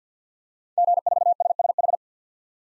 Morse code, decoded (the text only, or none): G4SSH